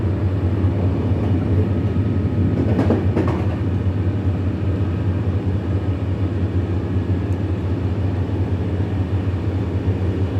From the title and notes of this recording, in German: Abendliche Zugfahrt, ratternde Gleise. Rattern einer abendlichen Zugfahrt, kaum Menschen und viel Stille im Abteil.